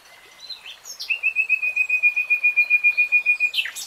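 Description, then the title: Nightingale song phrase: a couple of short chirps lead into a long run of many rapid, evenly spaced identical notes. Real-time recording, not slowed. "[Tiếng chim hót] Nightingale Singing"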